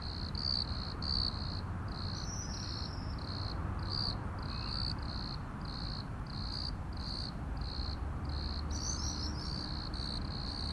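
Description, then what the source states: Cricket chirps in a steady pulsing rhythm, joined by brief high twittering notes, over low background noise. Crickets at Plaiaundi ecological park, Irún, Spain.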